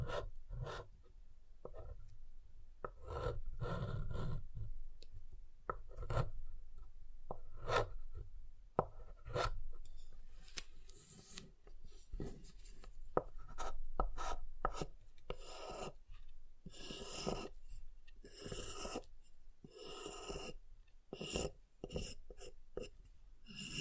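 Soap being tapped and carved: dense scraping and rasping strokes with frequent sharp taps, busier and brighter in the second half.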